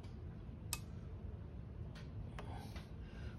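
A click-type belt tension gauge is pressed up against the middle of a Zero SR motorcycle's drive belt, between the two sprockets. A sharp click at 0.7 s shows the gauge has reached its tension setting, followed by fainter ticks around 2.0 s and 2.4 s over a low background rumble.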